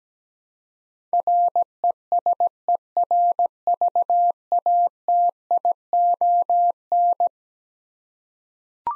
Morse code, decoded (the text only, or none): RESERVATION